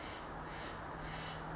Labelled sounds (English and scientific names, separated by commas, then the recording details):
Steller's Jay (Cyanocitta stelleri)
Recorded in Sonoma County, California